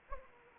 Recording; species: mosquito wingbeat signal from an infrared sensor; Anopheles arabiensis